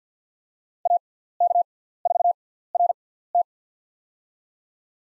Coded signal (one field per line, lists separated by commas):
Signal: Morse code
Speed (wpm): 50 wpm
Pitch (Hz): 700 Hz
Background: none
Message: AK4RT